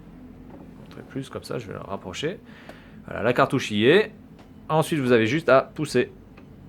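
A plastic game cartridge is handled at the slot of a Sega Pico children's educational video game console while someone talks. The cartridge is about to be pushed down into the slot, but nothing has seated or clicked yet.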